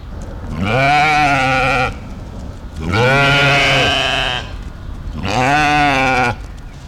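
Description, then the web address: Mouflon giving three drawn-out, steady bleats, each lasting over a second, separated by pauses of about a second. Female mouflon. "Tierstimmen Mufflon weibchen"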